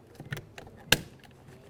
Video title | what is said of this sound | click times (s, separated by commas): How to Replace Rear Interior Door Handles 2003-2007 Honda Accord | listen for a click give it a tug | 0.9 s